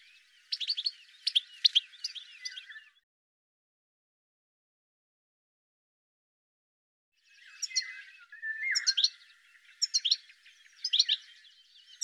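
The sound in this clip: Bird calling with scattered high chirps and squeaky notes, a short burst first, then a longer, looser series after a silent gap.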